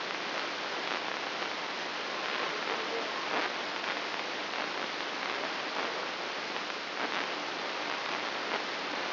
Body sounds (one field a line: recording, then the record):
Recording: brain microelectrode recording played as sound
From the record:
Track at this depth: outside the subthalamic nucleus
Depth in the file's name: 6.861 mm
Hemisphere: left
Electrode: 3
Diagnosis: Parkinson's disease